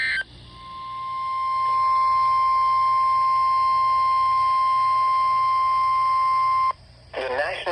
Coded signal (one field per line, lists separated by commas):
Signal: Emergency Alert System (SAME) tones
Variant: 1050 Hz attention tone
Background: speech